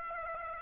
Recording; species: mosquito wingbeat signal from an infrared sensor; Aedes aegypti